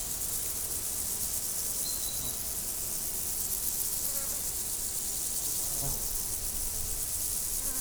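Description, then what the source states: Insects chirring in a steady high-pitched chorus that runs unbroken through the whole stretch, with faint low rumbling underneath. Insects recorded in nature, 2014.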